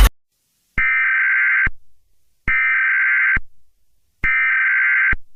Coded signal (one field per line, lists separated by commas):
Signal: Emergency Alert System (SAME) tones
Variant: header bursts